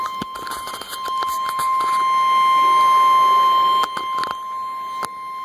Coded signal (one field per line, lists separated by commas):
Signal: Emergency Alert System (SAME) tones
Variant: 1050 Hz attention tone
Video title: Severe Thunderstorm Warning (EAS #436)